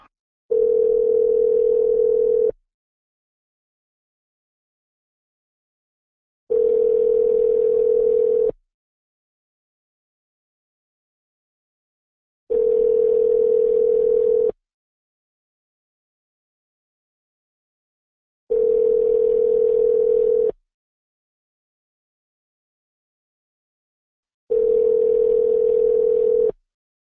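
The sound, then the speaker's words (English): A telephone line rings after dialing a number for a prank phone call: five steady, mid-pitched ringback tones, each about two seconds long, separated by regular four-second silences, with no voices. “Okay, it's time to dial another number and make another prank phone call.”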